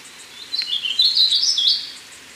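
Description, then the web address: Brown-capped vireo song, a fast, tumbling warble of high notes over faint background hiss. Ecuador. "Birds of Ecuador. Brown-capped Vireo"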